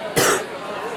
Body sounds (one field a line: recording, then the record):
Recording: coughing mixed with background sound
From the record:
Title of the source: 34 coughing up crap again